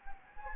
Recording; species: mosquito wingbeat signal from an infrared sensor; Anopheles gambiae